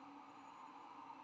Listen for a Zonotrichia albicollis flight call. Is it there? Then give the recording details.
no. No flight call is heard. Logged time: 22:05 on 16 November 2014